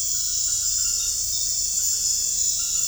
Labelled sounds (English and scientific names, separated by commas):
none